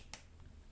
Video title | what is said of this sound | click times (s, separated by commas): Streamlight TLR RM2 weapon light review. | Nice click, solid click. | 0.1 s